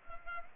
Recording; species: mosquito wingbeat signal from an infrared sensor; Culex pipiens